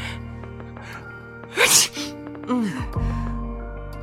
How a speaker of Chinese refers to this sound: 在那个喷嚏之后